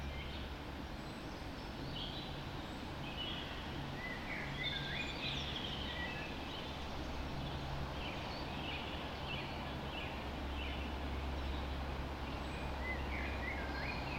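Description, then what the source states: Birds in a birds, scattered chirps and short warbles throughout, over a continuous low droning hum. Birds recorded just after dawn in the Forest of Dean.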